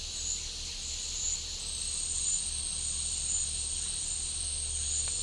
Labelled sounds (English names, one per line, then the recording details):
none
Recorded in pastures near Puerto Asís, Putumayo, Colombia, on 26 December 2024 at 11:00
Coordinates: 0.496, -76.326
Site G004